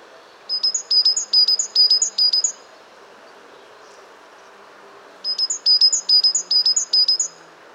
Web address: pub SETE data Parus major